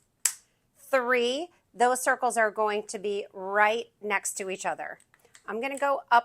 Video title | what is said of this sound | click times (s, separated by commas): NEW Sizzix Print & Pattern Tool Kit + Sizzix Collection Overview | And you see how it clicks right into position. | 0.3 s